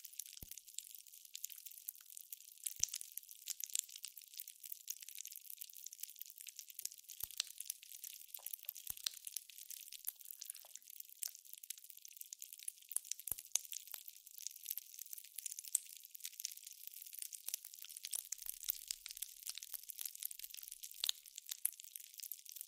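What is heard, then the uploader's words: Jelly being worked and squished, heard as a dense, steady wet crackle that fills the whole clip with fine, bright pops. Sharper clicks break through now and then, about every few seconds, without any change in the overall pace. ASMR Stress Relieving Jelly Sounds For Sleep.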